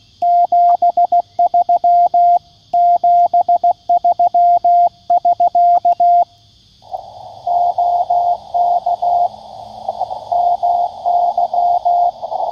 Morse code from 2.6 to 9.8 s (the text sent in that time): 73<SK> OK